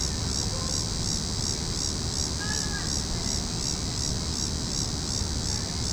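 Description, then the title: Cicadas droning in a continuous high buzz with regular pulsing throbs, a few faint short chirps, and a low background rumble throughout. Several cicadas calling in a tree. "neoscenes: cicadas in tree"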